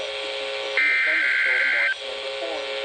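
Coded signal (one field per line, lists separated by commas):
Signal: Emergency Alert System (SAME) tones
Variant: header bursts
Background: speech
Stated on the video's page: Severe Thunderstorm Warning alerts DXed on stations in and near Alabama, plus a couple of closer stations.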